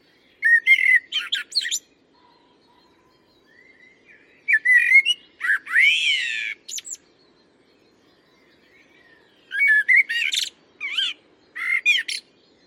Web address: Common Blackbird. birdsong blackbird